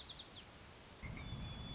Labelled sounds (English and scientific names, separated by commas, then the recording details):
White-crowned Sparrow (Zonotrichia leucophrys)
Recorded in Sonoma County, California